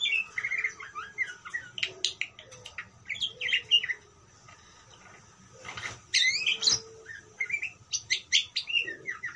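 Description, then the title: Parakeet chatter of high, scratchy chirps and squeaks, falling quiet for about two seconds before bursts of bright chirping resume. "Parkit"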